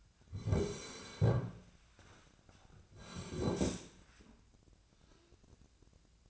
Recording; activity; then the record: daily activity, microphone in the room; sit down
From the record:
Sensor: 2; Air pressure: 1009.1 hPa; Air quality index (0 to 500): 176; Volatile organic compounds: 2 ppm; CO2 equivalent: 1286 ppm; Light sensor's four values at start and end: 34/89/38/40 and 30/80/34/37